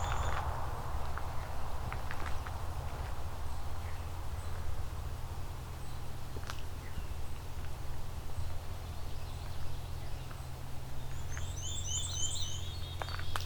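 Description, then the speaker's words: Black-and-white Warbler song: a quick run of high, thin repeated notes near the end, over a steady low hum and scattered faint ticks. Fast version of the song, sung once, on a trail through Beverly Swamp. "Okay, there's a fast version of the black and white warbler song."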